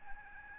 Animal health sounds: mosquito wingbeat signal from an infrared sensor; Aedes albopictus

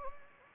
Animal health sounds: mosquito wingbeat signal from an infrared sensor; Anopheles gambiae

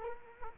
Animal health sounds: mosquito wingbeat signal from an infrared sensor; Culex quinquefasciatus

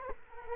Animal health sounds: mosquito wingbeat signal from an infrared sensor; Culex quinquefasciatus

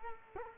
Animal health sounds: mosquito wingbeat signal from an infrared sensor; Culex quinquefasciatus

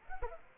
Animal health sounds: mosquito wingbeat signal from an infrared sensor; Culex pipiens

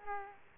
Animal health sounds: mosquito wingbeat signal from an infrared sensor; Aedes aegypti

